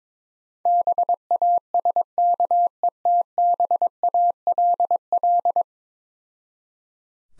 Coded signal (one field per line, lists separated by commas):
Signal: Morse code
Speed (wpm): 22 wpm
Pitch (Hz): 700 Hz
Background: none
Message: BASKETBALL